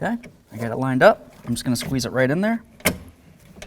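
A door handle rod is squeezed into its plastic retaining clip on the back of the inside door handle of a 1988–2002 GMC Sierra 1500 while someone talks. The rod snaps into the clip with a sharp click at 2.9 s and is seated, and it is then tugged to check that it stays.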